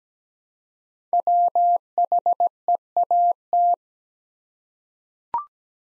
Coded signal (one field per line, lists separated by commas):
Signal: Morse code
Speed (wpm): 17 wpm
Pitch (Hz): 700 Hz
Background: none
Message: WHEAT